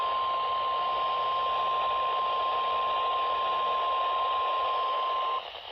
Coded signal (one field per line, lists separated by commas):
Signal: Emergency Alert System (SAME) tones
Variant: 1050 Hz attention tone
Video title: (EAS #2,369 - #2,372) well that was a letdown… - EAS Alerts from 6/23/25